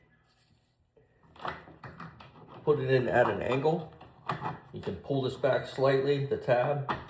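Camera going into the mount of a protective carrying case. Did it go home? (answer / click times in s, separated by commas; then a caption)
no / none. A camera is lowered at an angle into the mount of a Pelican protective carrying case, with a few light knocks between about 1.2 and 2.2 seconds while someone talks about pulling the tab back slightly. Nothing has seated or clicked yet.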